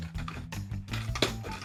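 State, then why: Not seated. The torso assembly joint of a plastic transforming robot toy is handled as it is turned backwards, over a steady low music bed. Brief sharp plastic ticks sound at about 0.3 s, 1.2 s and 1.2 s. Nothing has seated or clicked into place yet.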